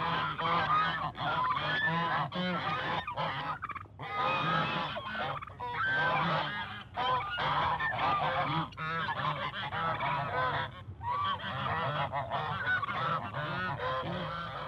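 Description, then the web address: Goose honking from a large flock, dense overlapping nasal honks running almost continuously with brief gaps, harsh and varied in pitch. "Madacy Music Group Inc 292 Sound Effects. Geese And Ducks"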